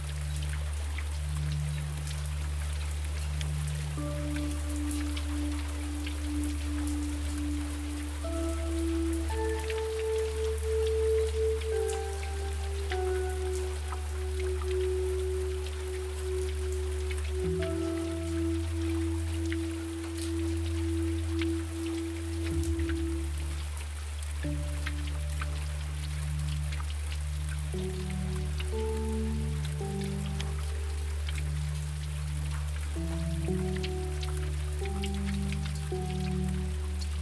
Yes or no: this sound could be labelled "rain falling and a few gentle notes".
yes